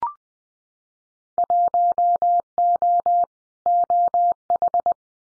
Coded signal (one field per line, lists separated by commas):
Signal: Morse code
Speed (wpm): 20 wpm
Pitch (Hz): 700 Hz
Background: none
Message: 1O OH